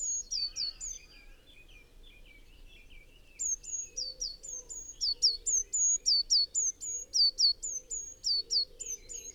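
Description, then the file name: Eurasian blue tit calling with high, clear notes that drop sharply, given in fast succession, with a short burst early on and a long run later. Softer chattering sounds lower beneath. "Cyanistes caeruleus"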